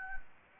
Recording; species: mosquito wingbeat signal from an infrared sensor; Anopheles gambiae